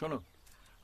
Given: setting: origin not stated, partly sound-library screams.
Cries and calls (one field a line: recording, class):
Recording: one-second piece from a danger detection set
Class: normal situation